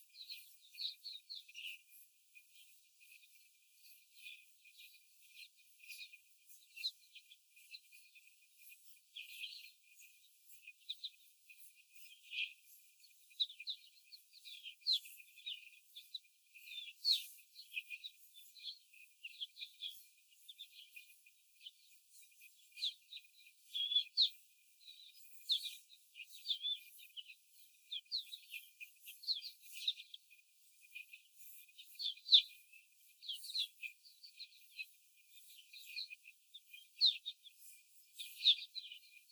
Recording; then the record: young laying hens in a cage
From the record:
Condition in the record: before the stressor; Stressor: simulated dog barking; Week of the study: 4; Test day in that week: 1